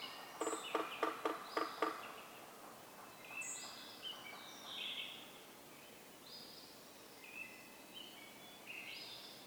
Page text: Yellow-bellied sapsucker: My favorite community of drummers, this one recorded beginning 15 minutes before sunrise and continuing well after.